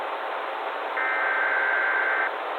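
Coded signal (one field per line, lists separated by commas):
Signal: Emergency Alert System (SAME) tones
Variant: header bursts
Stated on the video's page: Fictional EAS scenario, analog horror, using valid EAS tones.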